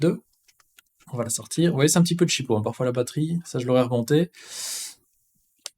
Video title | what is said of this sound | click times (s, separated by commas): PIMAX CRYSTAL (PRE-REVIEW): PRESENTATION | Alors, il faut vraiment bien réussir à clipser, voilà. tac, | 5.7 s